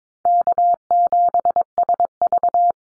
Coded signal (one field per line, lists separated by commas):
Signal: Morse code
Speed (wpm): 22 wpm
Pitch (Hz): 700 Hz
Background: none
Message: K7SV